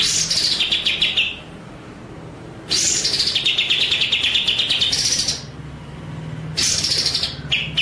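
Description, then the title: White-rumped shama song of long, dense phrases that slide down in pitch, separated by brief quieter gaps. Masteran training track for white-rumped shama, with full rolling (ngerol) and shooting (nembak) song styles. "Masteran Murai Batu Full Ngerol Nembak"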